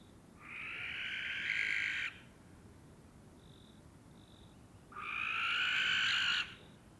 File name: Common Barn Owl Courtship flight of pair